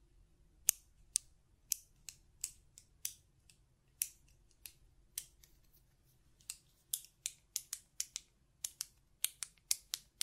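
Sharp button clicks and taps come one after another, irregular but frequent, about two per second with short pauses around the six-second mark and bursts of quicker clicks later. Each click is crisp and bright, over a faint low hum in the background.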